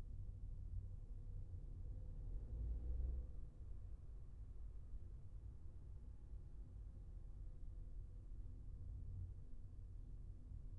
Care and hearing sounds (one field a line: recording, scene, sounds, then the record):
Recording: everyday scene through a hearing-aid microphone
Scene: in a vehicle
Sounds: engine, traffic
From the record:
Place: Skoda Fabia, gasoline engine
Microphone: behind the ear, left, rear